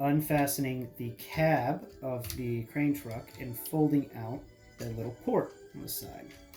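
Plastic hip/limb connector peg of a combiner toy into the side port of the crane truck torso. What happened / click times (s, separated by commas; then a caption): Handled, not yet seated: no snap of the peg into the port / none. A plastic hip connector peg from a combiner toy is handled near the side port of the crane truck torso, a port opened by unfastening the truck's cab and folding it out. Someone talks over background music. Nothing has seated or clicked yet; the clip ends before the peg goes home.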